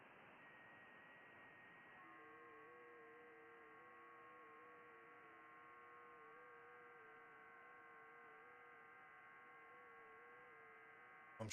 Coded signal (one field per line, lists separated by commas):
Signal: FT8